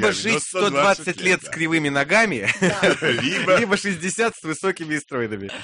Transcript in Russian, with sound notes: Либо жить 120 лет с кривыми ногами, (смеется) либо 60 с высокими и стройными.